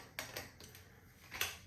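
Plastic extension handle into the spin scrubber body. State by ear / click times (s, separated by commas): not seated / none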